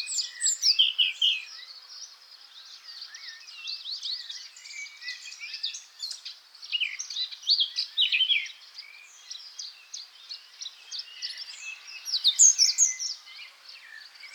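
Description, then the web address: Eurasian blackcap giving a steady, rambling subdued warble of twittering and scratchy notes, rising in loudness near the start and again toward the end. "SETE Sylvia atricapilla"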